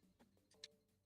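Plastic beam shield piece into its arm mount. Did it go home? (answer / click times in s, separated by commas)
yes / 0.6 s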